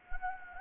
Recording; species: mosquito wingbeat signal from an infrared sensor; Anopheles gambiae